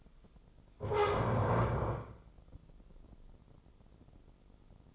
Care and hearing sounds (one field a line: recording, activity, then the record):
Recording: daily activity, microphone in the room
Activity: stand up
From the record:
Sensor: 5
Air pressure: 996.1 hPa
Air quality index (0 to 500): 243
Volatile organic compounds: 443 ppm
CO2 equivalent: 4738 ppm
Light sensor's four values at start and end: 154/370/156/170 and 154/370/156/170